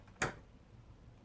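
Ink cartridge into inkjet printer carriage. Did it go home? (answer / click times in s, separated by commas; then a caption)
yes / 0.2 s. A replacement black ink cartridge is pushed into the carriage of an Epson WorkForce WF-2830 inkjet printer until its rear clip latches. A faint tick comes first, then a single sharp, bright click at 0.2 s as the cartridge seats into place, followed by quiet.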